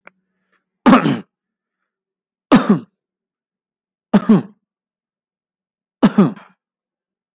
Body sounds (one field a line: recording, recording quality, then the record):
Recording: shallow voluntary cough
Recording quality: excellent, no background noise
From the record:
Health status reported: exposed to COVID-19, no respiratory illness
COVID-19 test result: negative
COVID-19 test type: RT-PCR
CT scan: not taken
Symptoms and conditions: sore throat, asthma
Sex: male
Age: 37 years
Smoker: no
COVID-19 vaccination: both doses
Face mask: worn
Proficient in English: no